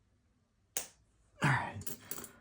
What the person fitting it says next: you heard it click on, so that's on.